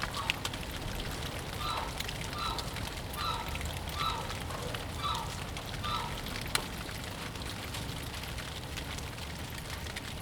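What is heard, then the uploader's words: Cold January rain falls in a backyard, a steady dense hiss with soft low rumble underneath. A short bright chirping call repeats about every second through the first six seconds, and a sharp tick pops out near 6.5 seconds. Rain, backyard. Cold January rain.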